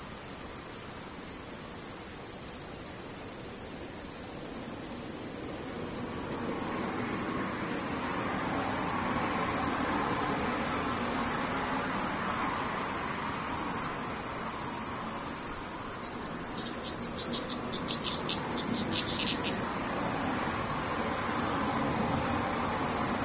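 Cicadas buzz in a steady, high, continuous drone, with brief pulsing bursts near the end, over a constant low rumble like passing traffic.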